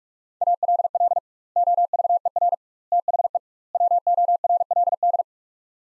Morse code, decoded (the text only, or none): ALL OVER THE WORLD